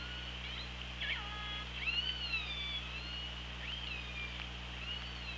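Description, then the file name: Orca pulsed calls, a run of overlapping harmonic squeals, some rising, some falling in steps, continuing throughout over low steady hum. Recorded on the OrcaLab hydrophone, 24 August 2017, around 16:30. "Orca Lab 20170824 163009"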